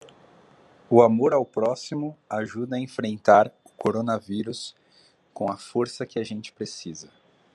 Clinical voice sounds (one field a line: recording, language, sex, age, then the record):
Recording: spoken sentence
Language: Brazilian Portuguese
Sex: male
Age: 30 to 39 years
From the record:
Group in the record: control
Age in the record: 31 years